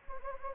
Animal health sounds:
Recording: mosquito wingbeat signal from an infrared sensor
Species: Anopheles gambiae

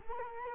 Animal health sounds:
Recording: mosquito wingbeat signal from an infrared sensor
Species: Culex quinquefasciatus

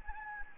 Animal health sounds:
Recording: mosquito wingbeat signal from an infrared sensor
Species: Anopheles gambiae

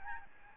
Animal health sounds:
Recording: mosquito wingbeat signal from an infrared sensor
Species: Aedes albopictus

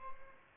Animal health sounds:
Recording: mosquito wingbeat signal from an infrared sensor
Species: Aedes albopictus

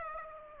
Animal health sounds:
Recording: mosquito wingbeat signal from an infrared sensor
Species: Aedes aegypti

